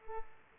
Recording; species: mosquito wingbeat signal from an infrared sensor; Culex pipiens